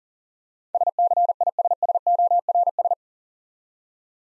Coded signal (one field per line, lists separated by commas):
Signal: Morse code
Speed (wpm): 39 wpm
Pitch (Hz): 700 Hz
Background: none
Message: SCISSORS